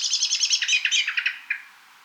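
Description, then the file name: Eurasian blackbird giving a rapid, chattering series of harsh notes that slide slightly lower in pitch and trail off after a second and a half. "Turdus merula"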